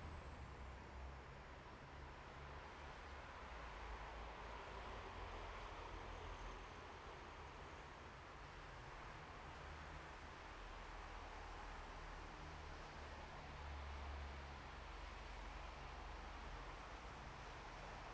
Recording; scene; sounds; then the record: everyday scene through a hearing-aid microphone; in traffic; traffic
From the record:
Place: bus stop on a city main road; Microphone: behind the ear, left, front